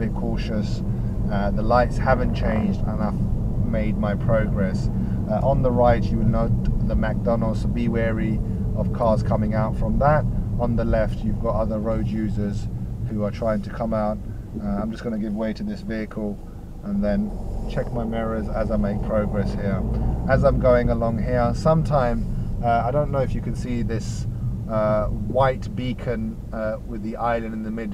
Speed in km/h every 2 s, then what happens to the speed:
23, 23, 21, 19, 16, 13, 5, 0, 8, 16, 15, 11, 6, 0.
0-5 steady at about 23. 5-13 slows to 0. 13-15 standing. 15-18 pulls away to 16. 18-25 slows to 0. 25-28 standing.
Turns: none.